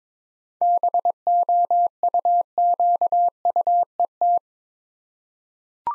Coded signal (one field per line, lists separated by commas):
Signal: Morse code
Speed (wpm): 22 wpm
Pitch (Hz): 700 Hz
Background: none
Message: BOUQUET